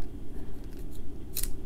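The spring-loaded plier head of a steel multitool is flicked out of its handle over a steady low rumble, then snaps fully open against its latch with two sharp, bright clicks at 1.4 s and 1.4 s. The pliers are fully open and latched.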